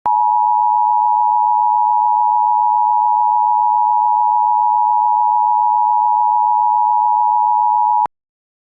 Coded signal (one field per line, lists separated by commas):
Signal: Emergency Alert System (SAME) tones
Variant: 853 and 960 Hz attention tone